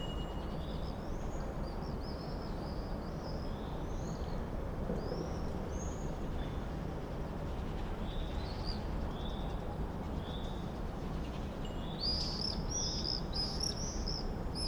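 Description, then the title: Common swift screams, scattered high thin shrieks through the first half, then a louder cluster of several birds near the end, above a heavy low rumble. Summer evening in a backyard in Bytom, Poland; many swifts circling; wing flapping and chicks in the nest also audible; swifts fell silent at dark; recorded with Zoom F4 and AT BP4025. "Zygmunta Starego 3, Bytom, Poland - Backyard swifts"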